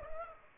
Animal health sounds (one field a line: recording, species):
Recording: mosquito wingbeat signal from an infrared sensor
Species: Aedes aegypti